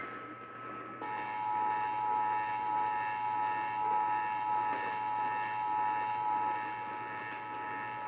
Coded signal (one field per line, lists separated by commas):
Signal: Emergency Alert System (SAME) tones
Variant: 853 and 960 Hz attention tone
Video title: North Texan Storms and Hiccups... | EAS #2245-2251 (Severe Weather Alerts from 2/21/2022)